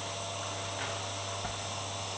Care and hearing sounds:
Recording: daily activity, microphone in the room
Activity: vacuum cleaning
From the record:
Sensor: 3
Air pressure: 1007.7 hPa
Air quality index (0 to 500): 49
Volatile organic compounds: 1 ppm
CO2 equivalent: 576 ppm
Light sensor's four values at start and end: 10/23/9/9 and 10/23/9/9

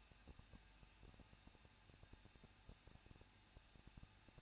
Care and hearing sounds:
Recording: daily activity, microphone in the room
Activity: no activity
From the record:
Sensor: 2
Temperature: 21.0 degrees Celsius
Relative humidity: 37.4%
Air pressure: 1006.2 hPa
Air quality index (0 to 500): 222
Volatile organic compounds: 24 ppm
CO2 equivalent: 2809 ppm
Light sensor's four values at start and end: 2/3/2/2 and 2/3/2/2

